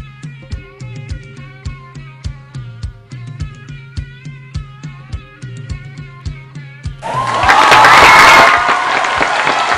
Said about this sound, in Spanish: Yo creo que estos aplausos no son sinceros. No me los termino de creer.